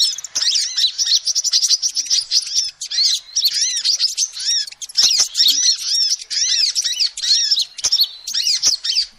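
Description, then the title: Lovebird chattering, a dense stream of shrill, squeaky high chirps in quick arched notes, nearly continuous with brief pauses, faint clicks beneath. Lovebird calls used as a lure to attract and trap birds. "PIKAT BURUNG LOVEBIRD"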